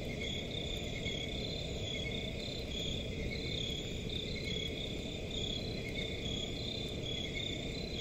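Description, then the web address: Crickets chirping: dense, evenly throbbing high trills in several layers, constant throughout, with low rumbling background noise. Crickets in a forest at night, presented as a relaxing forest ambience. "Forest and crickets at night. صدای-آرامبخش-جنگل-و-جیرجیرک"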